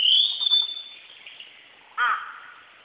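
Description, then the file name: Blue-and-white flycatcher singing, a clear high whistled note that fades, followed by a short harsh buzzy note. Recorded 17 May 2008. "ooruri 080517"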